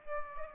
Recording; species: mosquito wingbeat signal from an infrared sensor; Aedes albopictus